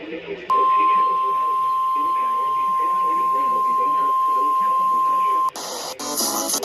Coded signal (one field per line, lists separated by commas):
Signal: Emergency Alert System (SAME) tones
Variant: 1050 Hz attention tone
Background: speech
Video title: EAS #1670-1675 Partial Tornado Warning 5-25-22